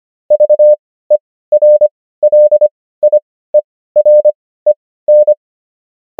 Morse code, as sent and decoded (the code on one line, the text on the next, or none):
...- . .-. .-.. .. . .-. . -.
VERLIEREN